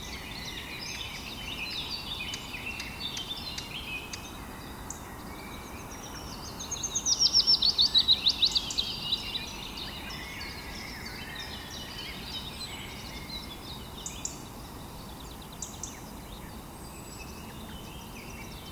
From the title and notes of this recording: One Hour Of Bird Sounds.